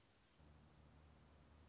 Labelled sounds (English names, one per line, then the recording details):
Anna's Hummingbird
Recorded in Sonoma County, California